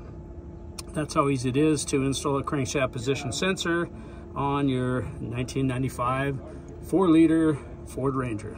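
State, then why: Seated. An electrical connector from the wiring harness is plugged onto a newly installed crankshaft position sensor on a 1995 Ford Ranger with the 4.0 L engine, and a single sharp, short click is heard at 0.8 s as it seats. The locking notches may be broken, so whether it is truly locked is not certain. Someone talks throughout the rest of the clip.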